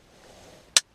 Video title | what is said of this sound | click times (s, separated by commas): My Electric Journey - Episode 26 - Keycard Battery & Other Things | back on it until it clicks | 0.8 s